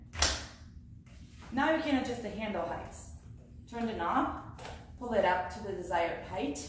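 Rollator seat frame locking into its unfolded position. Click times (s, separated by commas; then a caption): 0.2 s. A Classic Compact Rollator with double fold action and extra large 10-inch aluminum front wheels has its folded seat spread apart and its seat frame pushed down until it locks into the open position. A loud, sharp click is heard at 0.2 s as the frame seats. Someone then talks.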